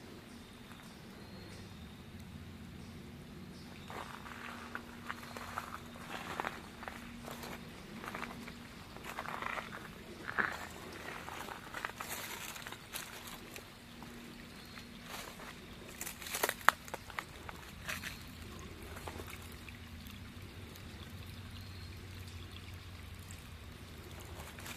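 An outdoor walk in fall, with a steady low hum running underneath throughout. Between about 4 and 17 seconds come frequent short crackling and crunching sounds, like footsteps through dry leaves, with a couple of sharper clicks near 10 and 16 seconds.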